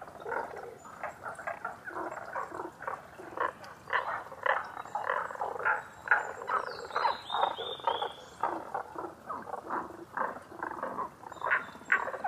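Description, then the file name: Many Tago's brown frogs croaking together in rapid pulsed bursts, continuous and even, with a short high whistled phrase near seven seconds. Recorded 11 June 2010 at 18:05. "tagogaeru-20100611-1805"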